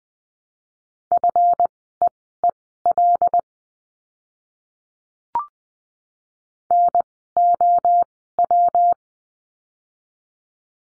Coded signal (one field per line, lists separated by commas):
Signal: Morse code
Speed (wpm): 20 wpm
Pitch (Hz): 700 Hz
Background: none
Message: FEEL NOW